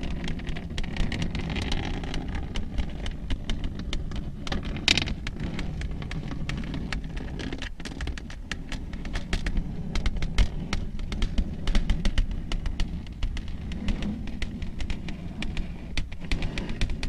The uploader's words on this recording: Soothing and relaxing slow, rhythmic long nail tapping and scratching ASMR sounds.